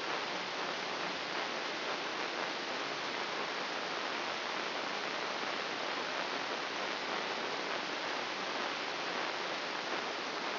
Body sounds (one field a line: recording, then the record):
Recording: brain microelectrode recording played as sound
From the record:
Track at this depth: inside the subthalamic nucleus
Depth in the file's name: 6.105 mm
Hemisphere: left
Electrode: 3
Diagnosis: Parkinson's disease